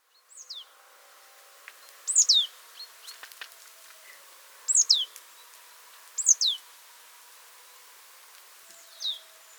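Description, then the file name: Marsh tit calls: thin, high notes dropping steeply in pitch, some doubled, repeated every few seconds over a quiet background. "Poecile palustris"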